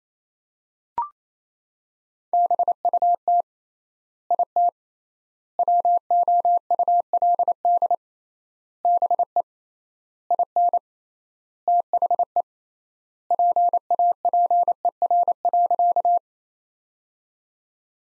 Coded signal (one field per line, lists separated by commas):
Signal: Morse code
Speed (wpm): 28 wpm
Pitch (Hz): 700 Hz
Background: none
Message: BUT IT WOULD BE IN THE PAPER.